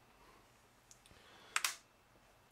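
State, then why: Seated. A Tromix push-button folding stock on a shotgun is folded to the side against the receiver, with a few faint clicks first. Then two sharp, loud metallic clicks at 1.6 s and 1.7 s as the stock locks into its side lock.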